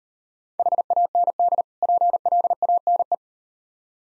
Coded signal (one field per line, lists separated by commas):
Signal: Morse code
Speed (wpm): 38 wpm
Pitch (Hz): 700 Hz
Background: none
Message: HAND PLANE